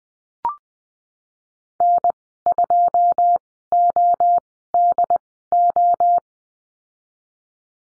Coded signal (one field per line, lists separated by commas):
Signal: Morse code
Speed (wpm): 20 wpm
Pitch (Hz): 700 Hz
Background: none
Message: N2ODO